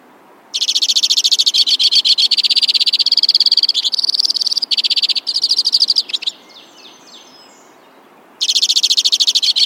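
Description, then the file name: White-winged crossbill singing long dry trills of rapid notes that shift pitch between sections, pausing for about two seconds before another trill begins. "suara kicauan burung white winged crossbill. omkicau"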